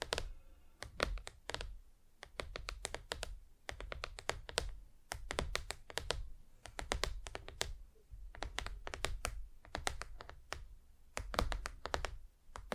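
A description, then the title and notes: Tapping on hard surfaces in quick clustered bursts of sharp clicks, pausing briefly between runs, with a low rumble underneath throughout. ASMR Just Tapping (Different Surfaces No Talking).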